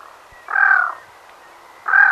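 Black-throated loon uttering two rasping, drawn-out croaks about a second and a half apart.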